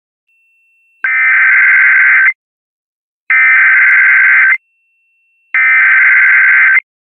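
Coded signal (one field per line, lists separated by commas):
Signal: Emergency Alert System (SAME) tones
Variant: header bursts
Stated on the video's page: Fictional EAS scenario; may contain valid EAS tones, but the events are simulated.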